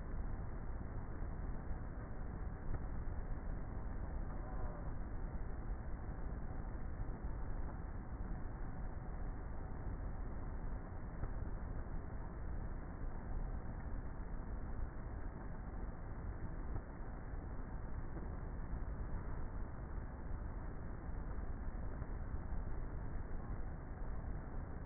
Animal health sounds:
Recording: honeybee colony, microphone inside the hive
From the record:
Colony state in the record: queenless with a low population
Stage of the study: before two queens were removed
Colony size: about 30,000 bees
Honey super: no

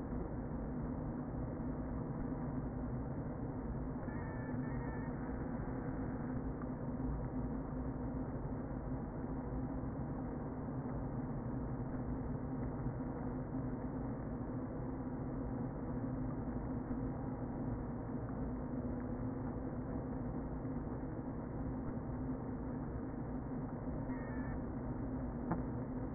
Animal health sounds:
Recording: honeybee colony, microphone inside the hive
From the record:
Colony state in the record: queen present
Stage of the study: before two queens were removed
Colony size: about 60,000 bees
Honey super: yes

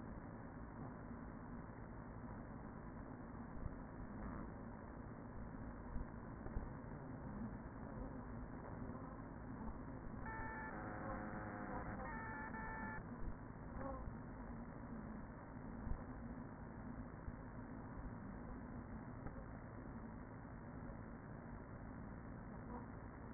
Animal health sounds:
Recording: honeybee colony, microphone inside the hive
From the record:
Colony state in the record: queen present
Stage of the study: after two queens were removed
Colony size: about 40,000 bees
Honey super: no

